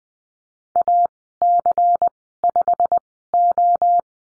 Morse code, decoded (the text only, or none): AC5O